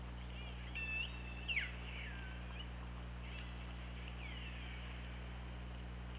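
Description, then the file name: Orca calls, a burst of strong pulsed and sweeping cries around one to two seconds, followed by softer drawn-out downslides, all over a continuous low hum. OrcaLab hydrophone, underwater, 24 August 2017 at 21:02:12. "Orca Lab UTLN JASON 20170824 210212 h 2 LL ORCALABDYNI"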